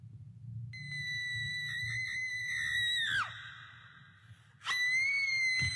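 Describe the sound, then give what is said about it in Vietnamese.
An eerie, piercing female shriek from a hideous ghostly woman, who had risen from a swirling black vapour by a boy's bed, as she is suddenly attacked before vanishing; it holds a high, steady pitch for a few seconds, then plunges away. After a brief pause a second shriek bursts in over a low, constant rumble. “Người đàn bà đang vây quanh thằng Khải thì bất ngờ bị tấn công, rít lên một tiếng, rồi ngay sau đó lập tức biến mất.”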